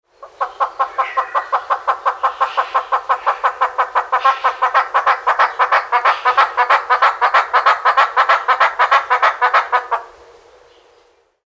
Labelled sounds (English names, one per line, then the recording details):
Amazonian Motmot
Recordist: Tembrock, Günter
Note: Rufreihe